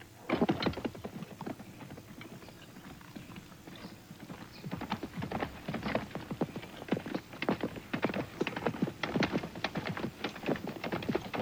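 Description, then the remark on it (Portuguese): Horse hooves clip-clop in a quick, steady rhythm of sharp, bright knocks that run continuously, as if more than one horse is being ridden at a trot, with no voices. “Por que você não pega o meu cavalo, minha cara? E cavalga com Steven.”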